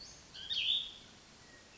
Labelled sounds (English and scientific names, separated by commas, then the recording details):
Cassin's Vireo (Vireo cassinii)
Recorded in Sonoma County, California